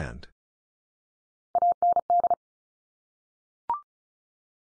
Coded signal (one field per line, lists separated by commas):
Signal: Morse code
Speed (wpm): 34 wpm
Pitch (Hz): 700 Hz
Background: none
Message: AND